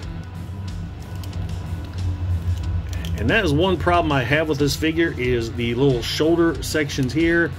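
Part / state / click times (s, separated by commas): plastic shoulder section into the action figure's torso / not seated / none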